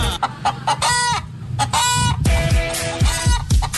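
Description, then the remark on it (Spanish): Chickens clucking loudly in quick, uneven bursts, with sharp harmonic squawks and rapid repeated calls overlapping throughout, and no voices, in a Colombian radio advertisement for Asadero y Restaurante El Cacareo. “Asadero y Restaurante El Cacareo.”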